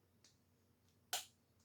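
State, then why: Seated. A plastic flip cap on top of a HydraPak Speed Flask soft flask is pressed closed. After a faint tick at 0.2 s, it snaps shut with a loud, bright snap at 1.1 s. The cap is now in place and sealed, which keeps water from splashing out during a run.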